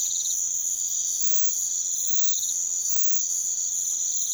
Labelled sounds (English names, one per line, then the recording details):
none
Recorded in pastures near Puerto Asís, Putumayo, Colombia, on 28 February 2025 at 02:00
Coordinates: 0.505, -76.324
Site GP08